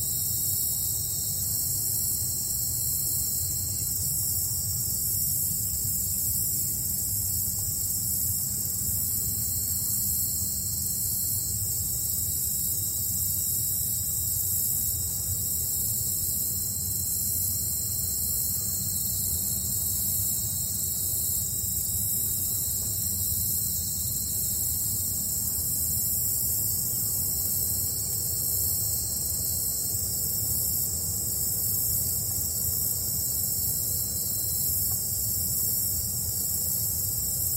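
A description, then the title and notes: A dense, steady chorus of buzzing insects fills the high range without a break, pulsing finely and evenly throughout. Beneath it sits a soft, constant low rumble, like wind or water. No distinct bird calls stand out. A forest near a large lake.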